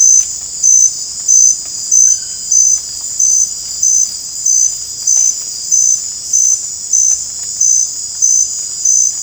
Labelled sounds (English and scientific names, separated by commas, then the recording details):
none
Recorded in dense forest near Puerto Asís, Putumayo, Colombia, on 22 December 2024 at 20:30
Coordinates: 0.481, -76.323
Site G100